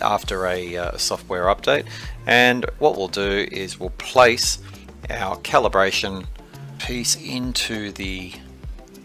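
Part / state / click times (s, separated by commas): calibration plate into 3D scanner mount / not seated / none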